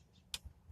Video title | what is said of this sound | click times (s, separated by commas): 2011 Altima 2 5 Sl spark plugs | There you go. Hear the click. | 0.3 s